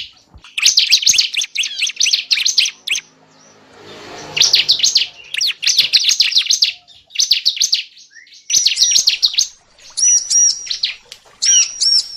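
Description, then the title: Lovebird chirping calls, shrill rapid high notes in bursts separated by short pauses, with a faint rustling noise in one gap. Lure sound used to attract lovebirds. "PIKAT BURUNG LOVEBIRD"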